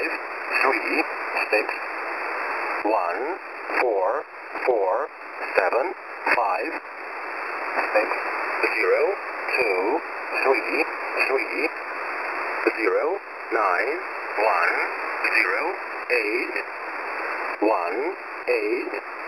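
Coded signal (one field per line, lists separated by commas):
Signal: numbers station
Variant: E07a English Man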